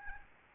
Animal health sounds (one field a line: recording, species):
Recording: mosquito wingbeat signal from an infrared sensor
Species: Aedes albopictus